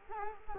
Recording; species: mosquito wingbeat signal from an infrared sensor; Culex quinquefasciatus